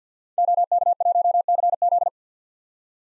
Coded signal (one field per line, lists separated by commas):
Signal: Morse code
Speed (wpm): 50 wpm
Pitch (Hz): 700 Hz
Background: none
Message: OK1CZ